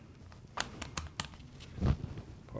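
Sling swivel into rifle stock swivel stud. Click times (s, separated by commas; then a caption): 1.2 s. A quick-detach sling swivel is pushed into the sling swivel stud on a rifle stock, with a few sharp metallic ticks around 0.6, 0.8 and 1.0 seconds. It locks into place with a sharp metal snap at 1.2 seconds, followed by a short rustle and another tick at the end.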